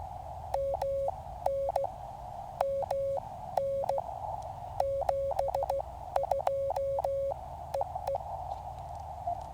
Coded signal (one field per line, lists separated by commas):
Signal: Morse code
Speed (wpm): 15 wpm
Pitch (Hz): 550 Hz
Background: none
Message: MN MN 72EE